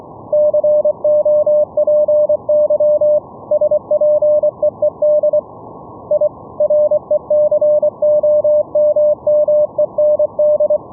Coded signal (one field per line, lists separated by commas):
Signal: Morse code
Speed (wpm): 24 wpm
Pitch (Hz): 600 Hz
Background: radio noise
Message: COPY SPEED I RECOMMEND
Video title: Raspberry Pi RTSP SERVER for Morse Code VLF RF over ip FULL DUPLEX CW NET operations - LIVE demo